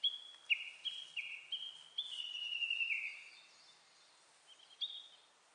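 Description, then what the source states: Japanese bush warbler giving a run of several high, descending notes, then a pause and a final pair, over steady background hiss. Recorded on 29 April 2001.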